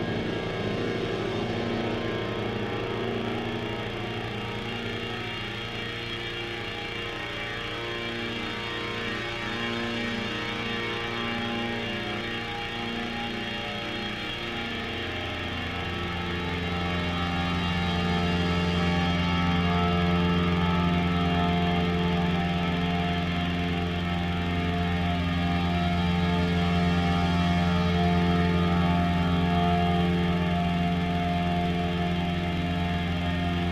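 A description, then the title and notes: A steady, dense drone of layered sustained tones, low and hovering with a faint shimmer on top. Around fifteen seconds the bottom note drops lower and a strong humming tone swells in above it, making the second half slightly louder and fuller. Drone.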